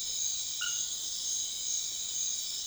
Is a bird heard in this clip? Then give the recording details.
no. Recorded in secondary vegetation near Puerto Asís, Putumayo, Colombia, on 4 March 2025 at 04:00. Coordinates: 0.500, -76.326. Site GP04